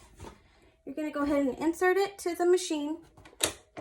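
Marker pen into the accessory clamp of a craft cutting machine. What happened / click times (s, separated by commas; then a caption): The pen clicked into the clamp / 3.4 s. Someone talks while a marker pen is pushed into the accessory clamp of a craft cutting machine. A sharp click is heard at 3.4 seconds as the pen seats in the clamp, which is then to be closed so it stays tight.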